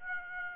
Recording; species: mosquito wingbeat signal from an infrared sensor; Aedes aegypti